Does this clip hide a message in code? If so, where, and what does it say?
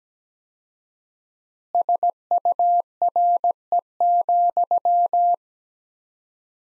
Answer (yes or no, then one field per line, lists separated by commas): yes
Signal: Morse code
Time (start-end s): 1.7-5.3 s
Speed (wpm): 17 wpm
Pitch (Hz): 700 Hz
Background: none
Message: SURE,